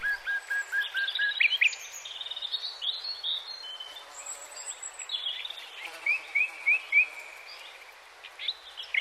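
Redstart song: a short series of even notes, then varied high twittering phrases, with a run of quick rising slurs near the end, over faint background hiss.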